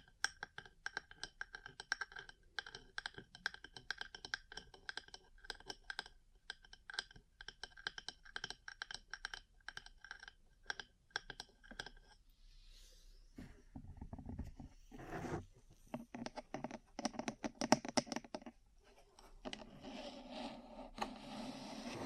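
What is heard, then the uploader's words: Dry tapping runs quickly and steadily for the first twelve seconds, a dense patter of small crisp clicks. After a brief quieter gap, the sound shifts to rougher scraping and rubbing with louder bursts, ending in a steady, hissy brushing texture. ASMR 3Dio Mic Test Ear Cleaning, Massage, Cupping, Tapping (No Talking).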